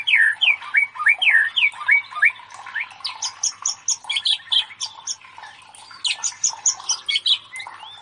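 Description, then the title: White-rumped Shama song, a rich run of whistled, rising and falling notes followed by rapid high chattering phrases, with no other clear sounds. Masteran training recording for cage birds, labaik song style. "MURAI BATU LABAIK"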